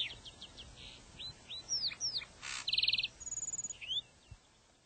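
Lark sparrow song: thin high chips and slurred whistles, then a buzzy trill and a rapid series of high notes, over a soft background hiss.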